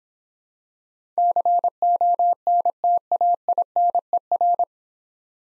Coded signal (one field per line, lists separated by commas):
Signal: Morse code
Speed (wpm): 26 wpm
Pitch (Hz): 700 Hz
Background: none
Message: CONTAINER